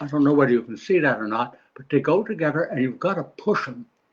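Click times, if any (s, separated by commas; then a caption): none. Two halves of a plastic clip-on pigeon band are handled, to be squeezed together until the locking device engages. Only someone talking is heard throughout. The band has not yet clicked or locked; nothing has seated.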